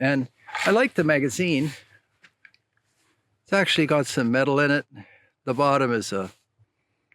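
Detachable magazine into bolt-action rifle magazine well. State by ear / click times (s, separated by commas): seated / 7.1 s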